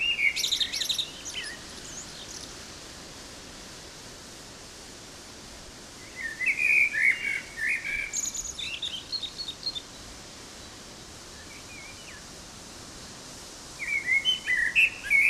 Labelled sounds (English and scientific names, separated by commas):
Common Blackbird (Turdus merula) song